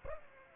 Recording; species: mosquito wingbeat signal from an infrared sensor; Aedes aegypti